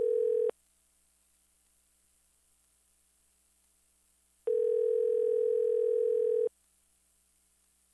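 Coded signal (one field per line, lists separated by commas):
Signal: telephone call progress tone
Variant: North America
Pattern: ringback tone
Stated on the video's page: Modem calling tone used as a sound effect.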